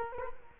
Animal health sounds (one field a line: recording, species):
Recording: mosquito wingbeat signal from an infrared sensor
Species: Culex quinquefasciatus